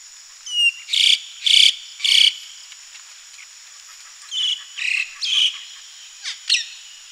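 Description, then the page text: Moluccan starling harsh calls: loud rasping, buzzy bursts in two groups of three, with a few thin whistled notes between them. "Moluccan Starlings Calls. Quick Sounds"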